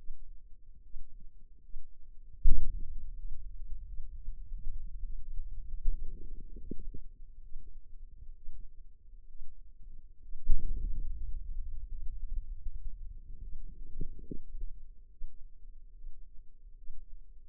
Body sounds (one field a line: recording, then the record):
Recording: forearm muscle sounds (acoustic myography)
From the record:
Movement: pen grasping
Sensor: system 2, bracelet of six BSWA MPA416 microphones around the upper forearm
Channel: 1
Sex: female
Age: 25 years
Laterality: right